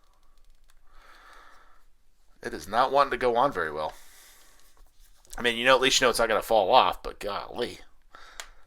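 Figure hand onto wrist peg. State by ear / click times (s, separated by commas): seated / 8.4 s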